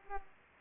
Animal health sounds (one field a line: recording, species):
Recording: mosquito wingbeat signal from an infrared sensor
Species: Aedes aegypti